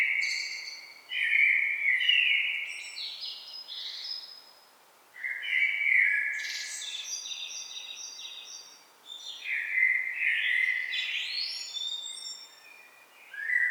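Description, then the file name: Common blackbird singing: a series of mellow fluted phrases with rising, scratchy twittered endings, roughly one phrase every four seconds. "Turdus merula"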